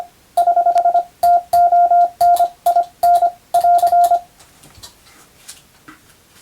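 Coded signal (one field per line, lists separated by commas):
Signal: Morse code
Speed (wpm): 25 wpm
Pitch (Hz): 700 Hz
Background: none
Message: <HH> TON I N <AR>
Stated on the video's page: Morse practice for the Japanese radiotelegraph operator national exam, using European-language telegram practice texts.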